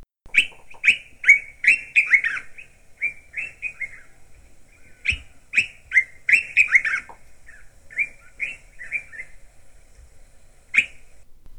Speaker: And the dark-capped bulbuls go, sweet potatoes. sweet potatoes.